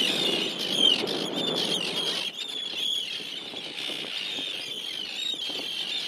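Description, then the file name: Tern scratchy alarm calls, repeated harsh notes with some sharp rising squeaks, continuing under wind and rustling noise. Terns attacking, recorded at Seyðisfjörður, Iceland. "Iceland - Tern Attack - Seydisfjiordour"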